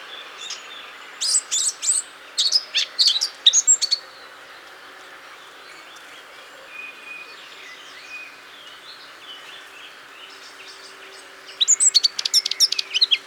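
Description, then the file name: Eurasian blackcap producing two bright bursts of quick, sharp high notes, one at the start and one near the end, with quieter scratchy twittering between them. "Sylvia atricapilla"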